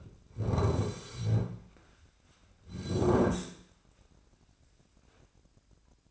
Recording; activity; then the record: daily activity, microphone in the room; sit down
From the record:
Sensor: 2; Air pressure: 1009.2 hPa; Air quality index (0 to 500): 166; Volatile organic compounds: 2 ppm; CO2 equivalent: 1219 ppm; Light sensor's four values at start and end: 42/111/46/52 and 42/112/47/52